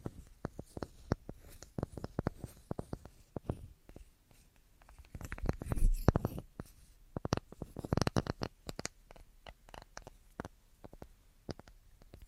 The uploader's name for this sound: Tapping Assortment